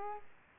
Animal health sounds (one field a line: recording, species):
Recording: mosquito wingbeat signal from an infrared sensor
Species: Culex quinquefasciatus